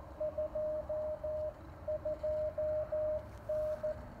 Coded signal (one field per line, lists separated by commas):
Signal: Morse code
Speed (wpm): 16 wpm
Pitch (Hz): 660 Hz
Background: radio noise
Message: 22N